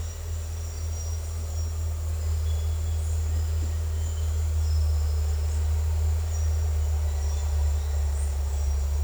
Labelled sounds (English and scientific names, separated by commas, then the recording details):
none
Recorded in secondary vegetation near Puerto Asís, Putumayo, Colombia, on 21 December 2024 at 13:30
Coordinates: 0.468, -76.324
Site G095